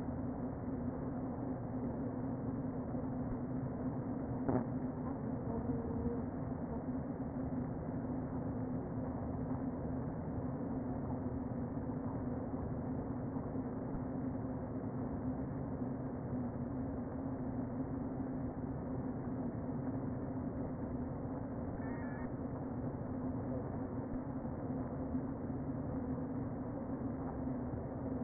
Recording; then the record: honeybee colony, microphone inside the hive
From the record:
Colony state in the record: queen present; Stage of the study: before two queens were removed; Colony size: about 60,000 bees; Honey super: yes